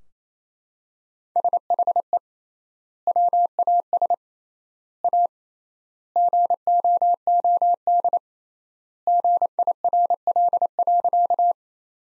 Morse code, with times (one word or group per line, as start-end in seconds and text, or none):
1.4-2.2 SHE
3.1-4.1 WAS
5.0-5.3 A
6.2-8.2 GOOD
9.1-11.5 GIRL.